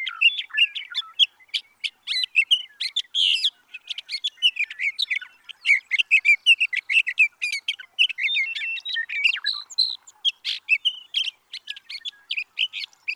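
Sage thrasher song: a long, rambling run of quick warbled and squeaky notes that carries on with barely any breaks.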